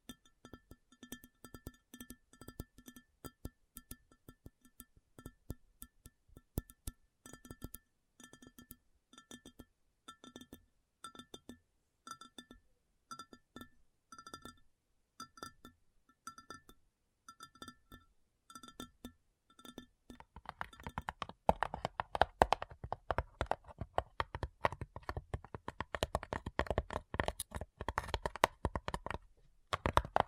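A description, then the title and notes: Quick, irregular tapping on a hard surface, sharp clicks that carry a faint ringing tone during the first twenty seconds. Around the twenty-second mark the tapping turns denser and rougher, with a scratchy rustle mixed in that continues almost to the end. ASMR Addictive Tapping. (No Talking).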